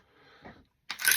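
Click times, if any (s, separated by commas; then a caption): 0.9 s, 1.1 s. During disassembly of an AR-15 rifle, a bolt carrier is worked loose from the upper receiver after a brief struggle, with faint scraping and rustling before a short silence. It then comes free with two sharp metallic hits at 0.9 s and 1.1 s, and the bolt carrier is released.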